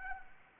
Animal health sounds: mosquito wingbeat signal from an infrared sensor; Anopheles arabiensis

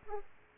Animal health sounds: mosquito wingbeat signal from an infrared sensor; Aedes aegypti

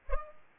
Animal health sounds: mosquito wingbeat signal from an infrared sensor; Aedes aegypti

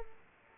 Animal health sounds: mosquito wingbeat signal from an infrared sensor; Culex quinquefasciatus

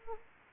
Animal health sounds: mosquito wingbeat signal from an infrared sensor; Anopheles gambiae

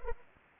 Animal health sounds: mosquito wingbeat signal from an infrared sensor; Anopheles arabiensis

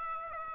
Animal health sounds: mosquito wingbeat signal from an infrared sensor; Aedes aegypti

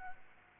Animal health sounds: mosquito wingbeat signal from an infrared sensor; Aedes aegypti

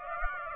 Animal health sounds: mosquito wingbeat signal from an infrared sensor; Aedes aegypti

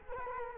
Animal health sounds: mosquito wingbeat signal from an infrared sensor; Culex quinquefasciatus

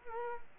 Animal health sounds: mosquito wingbeat signal from an infrared sensor; Culex quinquefasciatus

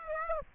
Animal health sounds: mosquito wingbeat signal from an infrared sensor; Aedes aegypti

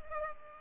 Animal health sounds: mosquito wingbeat signal from an infrared sensor; Culex pipiens

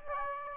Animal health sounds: mosquito wingbeat signal from an infrared sensor; Aedes aegypti

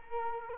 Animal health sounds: mosquito wingbeat signal from an infrared sensor; Culex quinquefasciatus

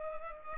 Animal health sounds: mosquito wingbeat signal from an infrared sensor; Culex pipiens

